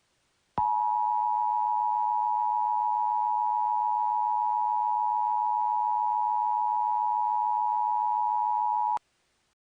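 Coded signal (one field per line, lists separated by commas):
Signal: Emergency Alert System (SAME) tones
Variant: 853 and 960 Hz attention tone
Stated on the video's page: Fictional EAS scenario alert about winter; loud tones.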